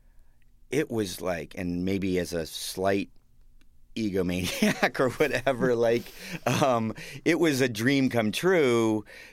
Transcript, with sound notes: it was like - and maybe as a slight egomaniac or whatever (laughter), like it was a dream come true.